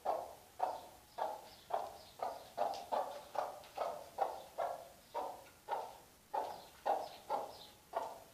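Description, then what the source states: Chicken giving short, gruff clucks repeated at a steady pace of about two per second, with a light background hiss. Hen.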